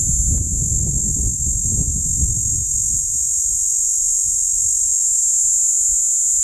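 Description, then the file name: Cicada song: a constant high sizzle over strong low wind rumble that eases after the first few seconds. Platypleura plumosa, recorded at Steytlerville. "P plumosa Steydtlerville"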